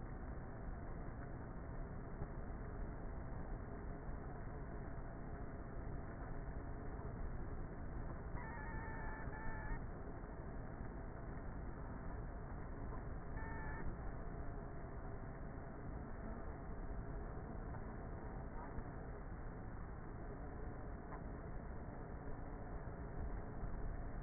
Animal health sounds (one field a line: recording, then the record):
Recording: honeybee colony, microphone inside the hive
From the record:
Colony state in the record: queenless with a low population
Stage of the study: before two queens were removed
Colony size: about 30,000 bees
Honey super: no